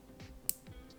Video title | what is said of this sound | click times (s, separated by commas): Building a $2000 Heretic Labs Article 1: Part 2 - Step-by-Step Build Guide | satisfying click uh and it's locked in place locks much better than some of the other ones | 0.5 s